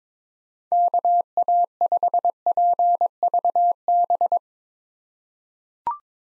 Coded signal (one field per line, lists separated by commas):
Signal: Morse code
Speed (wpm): 22 wpm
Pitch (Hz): 700 Hz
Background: none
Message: KA5PVB